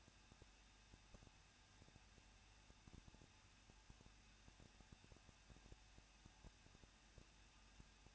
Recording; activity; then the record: daily activity, microphone in the room; no activity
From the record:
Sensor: 2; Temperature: 21.0 degrees Celsius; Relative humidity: 37.3%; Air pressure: 1006.4 hPa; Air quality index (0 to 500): 220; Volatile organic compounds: 23 ppm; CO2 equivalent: 2779 ppm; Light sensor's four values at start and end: 2/3/2/2 and 2/3/2/2